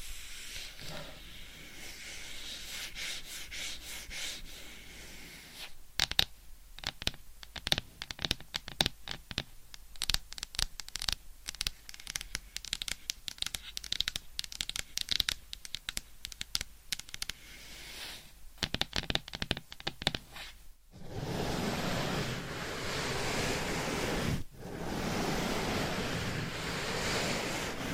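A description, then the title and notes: Dry scratching and rapid tapping fill most of the recording, with dense clusters of crisp clicks from about six to twenty seconds after a softer rubbing start. Near twenty-one seconds it shifts to a louder, steady rubbing with a fuller low end. ASMR Scratching , Tapping & Massage with DIFFERENT Mics , Items & Nails No Talking.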